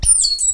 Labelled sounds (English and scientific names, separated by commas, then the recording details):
Stitchbird (Notiomystis cincta) song
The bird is a male
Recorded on Tiritiri Matangi Island, New Zealand, in 2005
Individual 10, of nest box 12